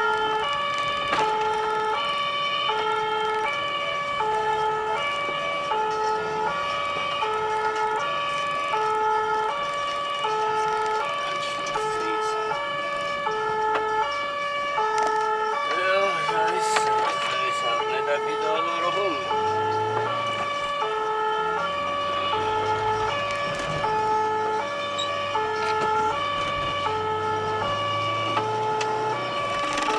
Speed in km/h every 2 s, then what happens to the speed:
40, 46, 51, 56, 55, 50, 40, 29, 24, 24, 38, 50, 45, 48, 53.
0-5 speeds up to 56. 7-15 brakes to 24. 18-21 speeds up to 50. 21-26 steady at about 48.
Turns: 14-17.